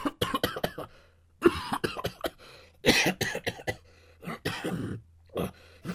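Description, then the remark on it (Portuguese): Three loud, harsh coughs come in separate bursts spaced a second or so apart, with no talking, over a faint steady low hum. “Após a contagem das três tossidas.”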